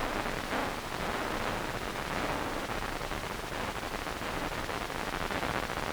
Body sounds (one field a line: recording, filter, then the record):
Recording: brain microelectrode recording played as sound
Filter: wide band, above 20 Hz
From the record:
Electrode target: subthalamic nucleus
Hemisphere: right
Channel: 2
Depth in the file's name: 5.102 mm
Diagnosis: Parkinson's disease